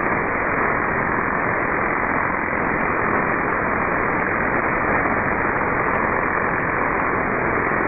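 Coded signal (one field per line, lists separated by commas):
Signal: HF data modem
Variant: VC03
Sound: steady dense hiss cut off sharply above 2.6 kHz, unchanging throughout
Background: radio static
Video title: Shortwave oddity, Chinese Robot cousin, Chinese VC03, 7548 kHz, USB mode, 28 May, 2023, 1306 UTC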